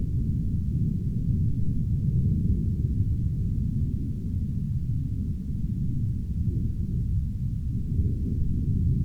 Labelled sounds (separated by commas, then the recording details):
aircraft
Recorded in the Arctic National Wildlife Refuge, Alaska, on 16 August 2019 at 02:29
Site 40